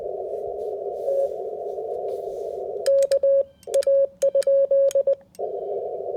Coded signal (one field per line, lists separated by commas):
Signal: Morse code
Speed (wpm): 20 wpm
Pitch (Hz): 560 Hz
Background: radio noise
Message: T K A?